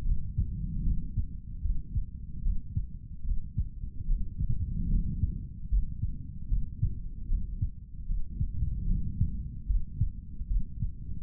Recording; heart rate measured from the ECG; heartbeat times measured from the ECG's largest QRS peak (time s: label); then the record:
heart sounds by stethoscope; 75 bpm
0.04 s: heartbeat
0.83 s: heartbeat
1.62 s: heartbeat
2.42 s: heartbeat
3.24 s: heartbeat
4.07 s: heartbeat
4.89 s: heartbeat
5.69 s: heartbeat
6.48 s: heartbeat
7.27 s: heartbeat
8.06 s: heartbeat
8.86 s: heartbeat
9.67 s: heartbeat
10.47 s: heartbeat
From the record:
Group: healthy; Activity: cold pressor test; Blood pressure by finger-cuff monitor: 106/73 mmHg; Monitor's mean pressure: 83 mmHg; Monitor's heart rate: 74 bpm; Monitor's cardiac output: 3.5 L/min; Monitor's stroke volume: 47 mL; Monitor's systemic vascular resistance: 1700 dyn s/cm5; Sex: male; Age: 55 years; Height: 167 cm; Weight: 57.2 kg